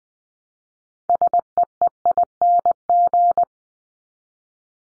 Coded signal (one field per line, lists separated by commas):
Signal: Morse code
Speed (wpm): 20 wpm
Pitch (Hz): 700 Hz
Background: none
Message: SEEING